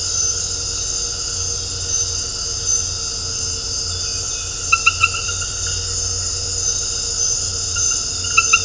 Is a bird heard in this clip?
no